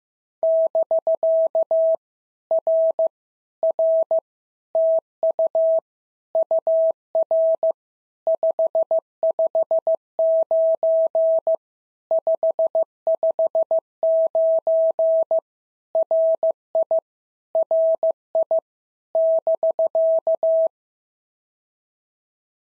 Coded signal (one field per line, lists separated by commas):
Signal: Morse code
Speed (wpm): 15 wpm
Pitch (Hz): 650 Hz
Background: none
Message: <BK> R R TU UR 559 559 RI RI <BK>